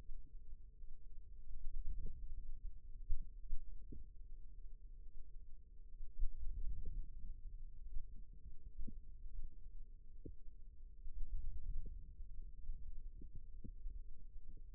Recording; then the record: forearm muscle sounds (acoustic myography)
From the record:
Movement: wrist flexion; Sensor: system 2, bracelet of six BSWA MPA416 microphones around the upper forearm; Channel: 4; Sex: female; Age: 22 years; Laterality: right